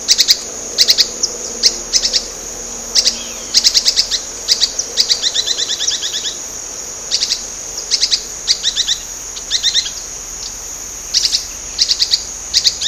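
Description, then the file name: Spix's spinetail song: short bursts of three to five sharp, high chipping notes, repeated at short, uneven intervals, over a steady high insect whine. Recorded at Laguna Diario, Uruguay, on 19 April 2013. "Synallaxis-spixi-Lag Diario-UY-19-4-13-ASilveira"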